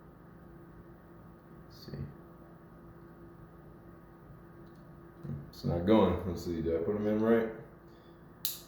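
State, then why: Seated. Someone talks as plastic missiles that failed to fire are pushed all the way back into the spring-loaded launcher of a 2008 Hasbro Marvel Legends Titanium Man action figure. A sharp click at 8.5 s shows a missile seating fully in the launcher.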